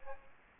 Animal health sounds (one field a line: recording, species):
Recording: mosquito wingbeat signal from an infrared sensor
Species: Aedes aegypti